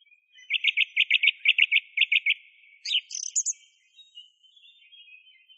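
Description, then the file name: Song thrush song: a fast series of short, identical chirps repeated about a dozen times, then a high twittering flourish and a faint thin tone. Masteran recording, a tutor track used for training songbirds. "suara masteran songthrush"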